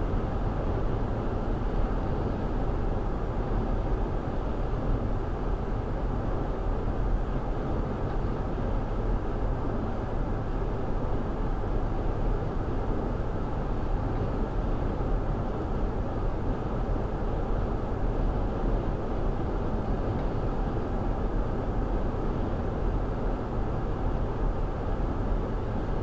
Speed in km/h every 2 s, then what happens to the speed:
111, 109, 109, 109, 111, 109, 111, 111, 109, 111, 109, 109, 111.
0-26 steady at about 109.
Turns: none.